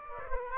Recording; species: mosquito wingbeat signal from an infrared sensor; Aedes aegypti